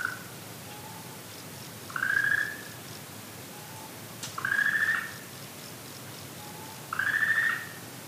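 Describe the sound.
Okinawa green tree frog giving three smooth, slightly rising drawn-out calls about every two and a half seconds, each preceded by a faint short lower note.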